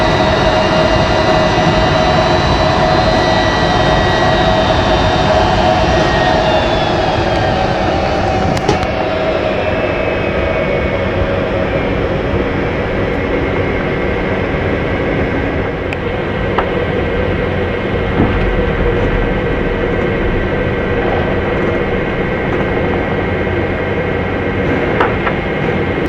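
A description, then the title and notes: A JT3D jet airplane engine roars steadily, a dense low rumble under whining tones that slide downward over the first ten seconds as the engine spools down. After that the drone settles to an even, slightly duller level with a few faint clicks. Airplane Sound - JT3D/707.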